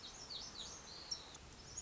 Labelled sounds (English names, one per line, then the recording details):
Lazuli Bunting
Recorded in Sonoma County, California